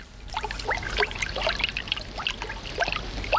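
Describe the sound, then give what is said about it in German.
Water from a leaking household tap gushes and bubbles steadily like a spring, with a dense babble of splashing, gurgling bursts over a low rumble, fairly loud and continuous throughout with no voices. “Schon sprudelt es wie eine Quelle.”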